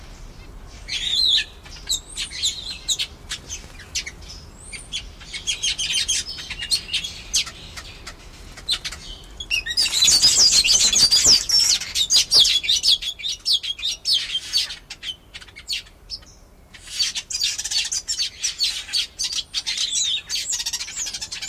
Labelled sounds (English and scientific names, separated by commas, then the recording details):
Village Weaver (Ploceus cucullatus)
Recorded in captivity
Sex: group
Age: adult
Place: Zoo Osnabrück, Niedersachsen, DE
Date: 1991-09-09 10:57
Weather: overcast, 13°C
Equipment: Marantz CP 430, Kopie Tesla B 116
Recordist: Tembrock, Günter